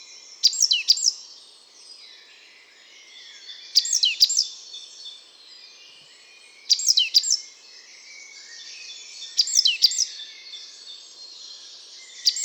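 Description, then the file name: Great tit giving clustered high, scratchy notes that fall in pitch, bursts returning roughly every three seconds, with faint background sound between them. "Parus major"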